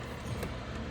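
During a Coyote 5.0 tune-up, an ignition coil electrical connector is handled at the coil pack's plastic socket, with only steady low-level broadband noise and a faint brief brightening near 0.4 s. Nothing has seated or clicked yet; the connector is not yet home, and the click that shows it is on and won't vibrate off has not happened.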